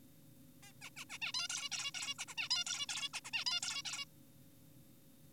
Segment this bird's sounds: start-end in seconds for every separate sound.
0.63-0.72, 0.82-0.90, 0.97-1.05, 1.10-1.18, 1.22-1.32, 1.34-1.48, 1.50-1.69, 1.72-1.91, 1.94-2.14, 2.19-2.26, 2.28-2.35, 2.38-2.49, 2.51-2.64, 2.66-2.86, 2.89-3.09, 3.14-3.20, 3.25-3.31, 3.33-3.44, 3.46-3.60, 3.63-3.82, 3.85-4.05